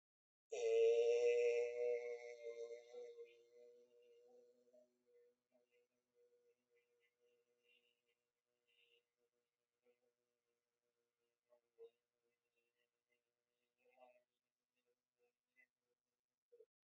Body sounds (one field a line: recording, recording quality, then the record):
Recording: sustained vowel as in made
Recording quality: excellent, no background noise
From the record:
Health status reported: healthy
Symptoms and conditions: hypertension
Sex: male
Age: 55 years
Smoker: not ticked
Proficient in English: yes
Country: India